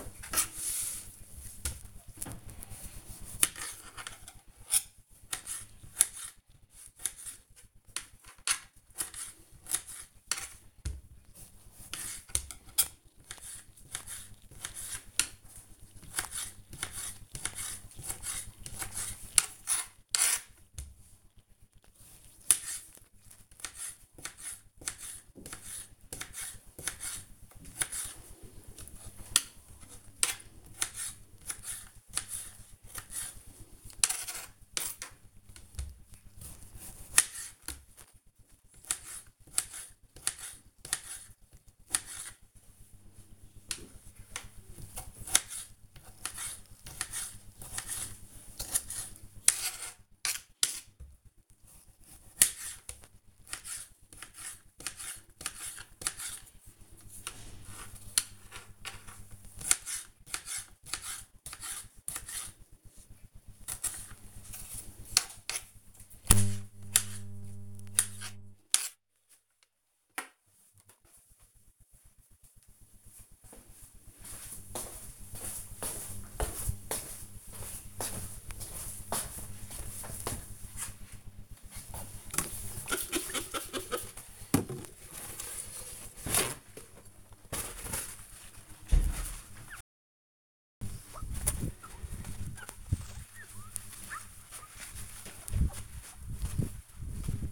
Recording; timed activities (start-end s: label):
household activities, microphone on the right wrist
0.00-69.96 s: cutting vegetables
81.04-97.52 s: window cleaning
89.21 s: note: voice